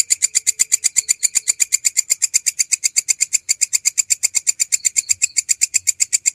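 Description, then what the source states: Canary song, a fast, steady run of bright high notes repeated several times a second at an even pace throughout, with no other clear sounds. Canary song used as masteran, a training track for songbirds.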